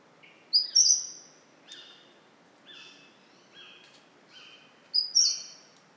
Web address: Mistletoebird. صدای-پرنده-مرغ-دارواش